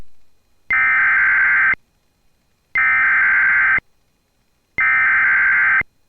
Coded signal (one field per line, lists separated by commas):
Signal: Emergency Alert System (SAME) tones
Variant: header bursts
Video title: When the lake gets more action than the land... || EAS Alerts from June 25, 2024 (EAS #2,894-2,898)